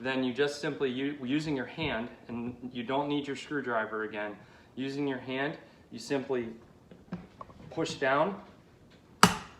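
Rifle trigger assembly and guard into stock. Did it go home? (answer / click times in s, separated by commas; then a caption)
yes / 9.2 s. Someone talks while a Ruger Mini 14 rifle's trigger assembly is set into its new A-TM folding stock and the trigger guard is pushed down by hand, without a screwdriver. A single sharp, loud click comes at 9.2 seconds as the trigger guard latches home, locking the whole trigger assembly into the firearm.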